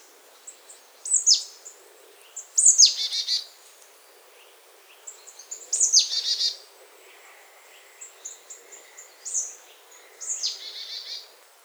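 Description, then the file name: Marsh tit calls: sharp, high notes sweeping steeply downward, given in short irregular bursts, some running into brief buzzy phrases, with quiet pauses between. "Poecile palustris"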